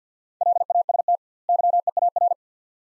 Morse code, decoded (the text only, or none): LAST YEAR